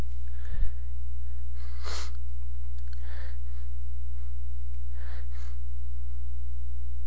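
A woman gives one strong, sharp sneeze near the start, followed by several softer breathy bursts a few seconds apart. It is an ordinary sneeze, heard over a steady low hum in the background.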